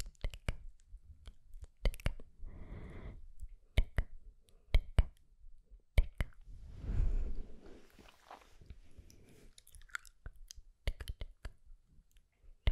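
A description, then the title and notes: Sharp "tk" and "sk" clicks snap out irregularly throughout, broken by two longer hissing, crunchy bursts near three and seven seconds. Sk Sk Tk Tk TicoTico.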